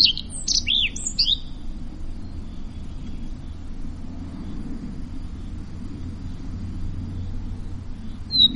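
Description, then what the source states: Common redstart: one short phrase of high whistles and twitters opens, then low rumbling noise, with another note starting at the very end. Around 27 May 2016.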